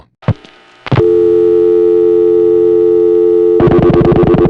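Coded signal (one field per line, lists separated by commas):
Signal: telephone call progress tone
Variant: North America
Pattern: dial tone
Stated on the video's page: Tones from replacement of City and Interzone tandem switches, November 1975.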